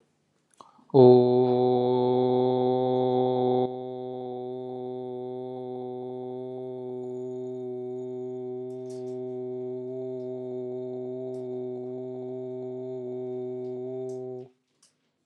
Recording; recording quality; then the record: sustained vowel as in boot; excellent, no background noise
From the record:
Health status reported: healthy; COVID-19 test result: not tested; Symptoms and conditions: none ticked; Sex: male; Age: 38 years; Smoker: not ticked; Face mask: not worn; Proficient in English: yes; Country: India